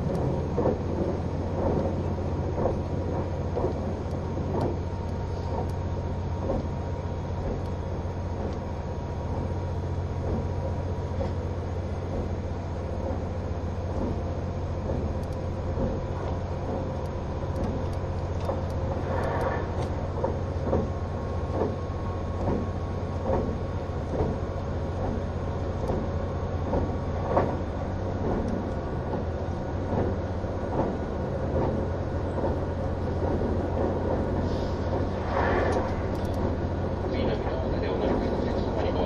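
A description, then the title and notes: Inside a green car, a train's engine and motor run together in a steady low drone with a faint whine above it. Soft clicks and rattles from the car pass through throughout. Brief rising tones come near 19 and 35 seconds. HC85系 ひだ01号(グリーン車). 名古屋～高山. グリーン車の静粛な空間ながらエンジン音とモーター音のバランスが抜群で. 列車走行音. A great balance between the engine sound and the motor sound in a quiet space of the green car.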